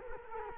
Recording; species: mosquito wingbeat signal from an infrared sensor; Culex quinquefasciatus